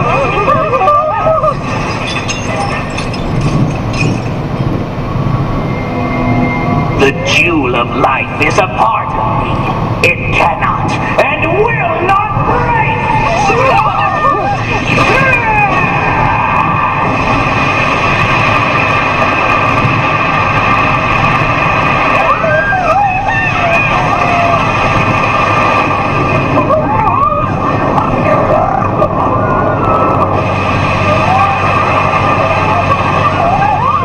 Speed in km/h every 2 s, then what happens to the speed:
112, 112, 112, 112, 112, 112, 113, 113, 112, 112, 112, 112, 111, 110, 109, 108, 107.
0-34 steady at about 112.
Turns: none.